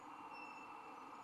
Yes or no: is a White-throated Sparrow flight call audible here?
no